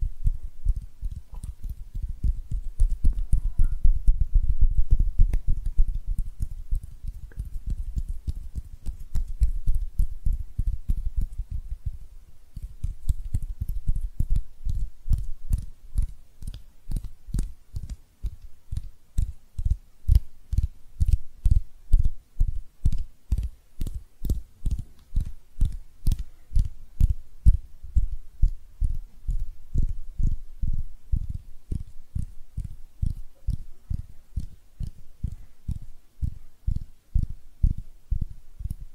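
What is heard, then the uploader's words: Hand sounds: for the first twelve seconds, a dense, muffled rubbing with soft low thumps. After that it settles into steady, evenly spaced soft pats, about two per second. These are low and dull, with only a faint crisp edge on each tap. ASMR Relaxing Hand Sounds (No Talking).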